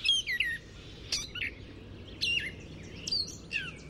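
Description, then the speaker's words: Gray Catbird song, a jumble of varied squeaky, slurred whistles and harsh notes in short bursts, over faint background noise. "Males sing the loudest, but females sometimes respond with a quieter song of their own."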